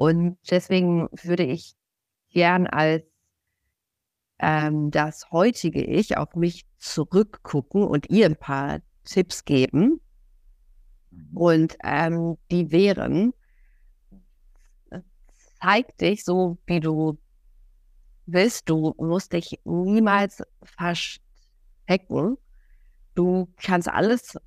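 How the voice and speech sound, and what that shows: An adult woman speaks German in short bursts broken by long silent gaps, some over two seconds. A few sounds are stretched, and one word, "verstecken", is split by a silent block. These blocks, prolongations and halting rhythm fit mild stuttering.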